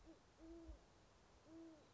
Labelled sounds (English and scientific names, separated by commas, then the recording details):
Great Horned Owl (Bubo virginianus)
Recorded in Sonoma County, California